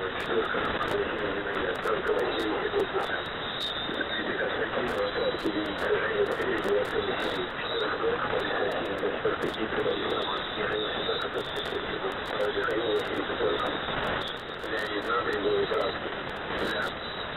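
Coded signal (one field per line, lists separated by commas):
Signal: coded military voice message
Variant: The Pip, Russian voice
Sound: faint Russian voice reading a message through heavy shortwave hiss and crackle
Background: radio static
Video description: "The Pip" is a Russian military radiostation that broadcasts on 5448 kHz at daytie and 3756 kHz at nighttime.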